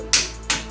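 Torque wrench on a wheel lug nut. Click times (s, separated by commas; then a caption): 0.1 s, 0.5 s. A torque wrench tightens a wheel lug nut until it clicks at its setting. Two sharp, bright metallic clicks ring out at 0.1 s and 0.5 s over a low steady hum, each fading quickly. The wrench reaches its torque setting.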